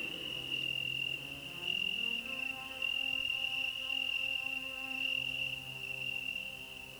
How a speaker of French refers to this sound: Des grillons Eucanthus.